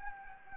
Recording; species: mosquito wingbeat signal from an infrared sensor; Anopheles gambiae